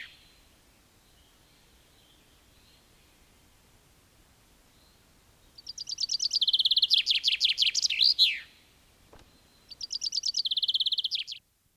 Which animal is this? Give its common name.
Common Chaffinch